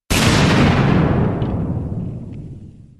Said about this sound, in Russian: Грянул взрыв такой мощи, что пол под ногами зашатался, а со стен и потолка посыпалась пыль.